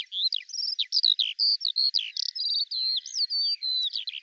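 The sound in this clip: Bird song, fast and unbroken, mixing short trills, rising and falling whistles and buzzy notes in quick succession.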